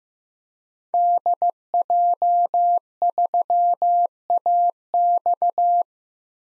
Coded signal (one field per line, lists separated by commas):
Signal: Morse code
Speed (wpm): 15 wpm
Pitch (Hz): 700 Hz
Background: none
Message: DJ3AX